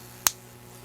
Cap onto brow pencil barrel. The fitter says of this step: you hear that click yes